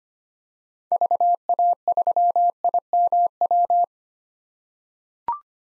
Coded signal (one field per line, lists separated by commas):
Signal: Morse code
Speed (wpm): 25 wpm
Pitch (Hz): 700 Hz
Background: none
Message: VA3IMW